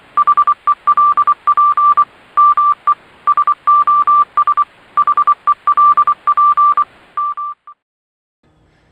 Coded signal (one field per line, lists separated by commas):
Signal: Morse code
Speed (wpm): 24 wpm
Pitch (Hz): 1180 Hz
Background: none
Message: HELP ME SOS HELP M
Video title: Ultimate Guide to Setting Up Your Ham Radio Antenna